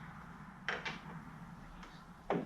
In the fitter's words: pop pop them out